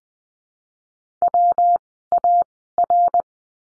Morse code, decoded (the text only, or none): WAR